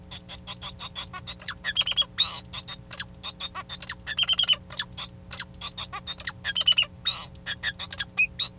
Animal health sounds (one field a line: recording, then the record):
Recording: song of a male Bengalese finch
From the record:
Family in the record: son of father 2